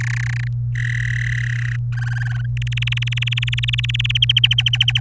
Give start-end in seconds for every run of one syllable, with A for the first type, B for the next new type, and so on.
0.00-0.48 A, 0.75-1.76 B, 1.92-2.46 C, 2.57-4.17 D, 4.22-5.00 E